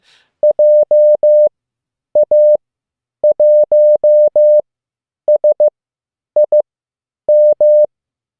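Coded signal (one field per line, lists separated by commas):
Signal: Morse code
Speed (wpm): 15 wpm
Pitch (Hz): 600 Hz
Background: none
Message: JA1SIM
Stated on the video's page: Live Morse code practice session as part of learning CW, preparing for a SOTA activation.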